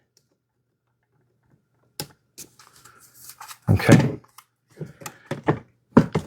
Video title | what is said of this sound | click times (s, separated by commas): This Kids’ Ride-On Car Is Going Viral in 2025 – Here’s Why! | you'll feel that engage. And just make sure it clicks on both sides. | 2.0 s, 6.0 s